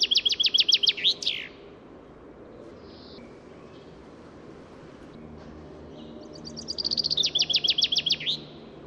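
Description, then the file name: Common chaffinch song: two bright rattling phrases of rapid repeated notes ending in a quick flourish, separated by about five seconds of quiet with a faint low hum. "Fringilla coelebs"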